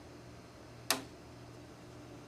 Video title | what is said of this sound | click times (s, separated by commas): SWF Embroidery Machine Training Tip - Tracing the Design | and I will actually pull this down until I hear it click or lock in place | 0.9 s